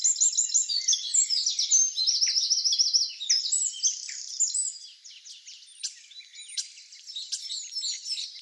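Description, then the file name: Eurasian wren song of rapid high trills and sharp chattering notes, loud at first then a softer jumble of ticks and twitters. "Troglodytes troglodytes"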